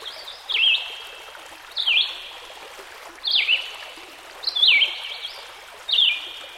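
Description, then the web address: Red-eyed Vireo delivering short whistled phrases, each sliding down and up, repeated about every 1.3 seconds over a babbling stream. By a stream. "Dan Gibson Songbirds By The Stream. Red - Eyed Vireo"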